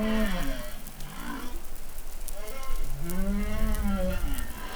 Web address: SOUNDLIB Glotin etal MEDsea Arctiqueet Pacific Baleinea Bosse Nouvelle Caledonie 20130720 Glotin